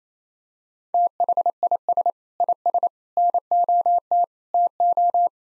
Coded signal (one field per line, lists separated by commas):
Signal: Morse code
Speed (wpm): 28 wpm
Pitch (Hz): 700 Hz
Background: none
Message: THIS IS NOT TO